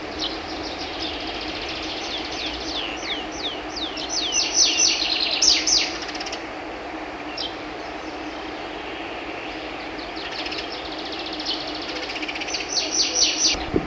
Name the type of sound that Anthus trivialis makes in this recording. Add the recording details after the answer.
song. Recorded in the wild. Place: Schwarzseelacke, AT. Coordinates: 47.7514, 16.8978. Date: 1972-05-09. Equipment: Uher Report 4200, AKG D190C in Doppel-Parabolreflektor. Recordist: Krey, Winfried